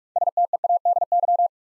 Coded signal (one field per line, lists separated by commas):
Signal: Morse code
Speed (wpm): 44 wpm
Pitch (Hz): 700 Hz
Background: none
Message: STEADY